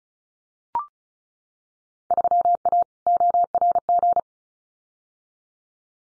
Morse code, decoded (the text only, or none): 3A ORG